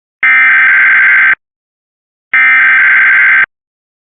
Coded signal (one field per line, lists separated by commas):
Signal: Emergency Alert System (SAME) tones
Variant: header bursts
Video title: EAS Required Monthly Test for WV and VA (EAS #32)